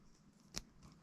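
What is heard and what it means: The last crimped wire terminal for a 2JZ twin fuel pump setup is pulled into its plastic connector housing. A single sharp click at 0.6 s stands out over a quiet background, followed by a few faint small sounds. The terminal seats home in the housing.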